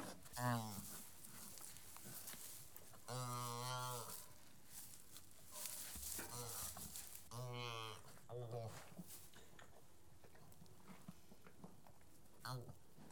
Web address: BBC Sound Effects Library Livestock Young Calves Feeding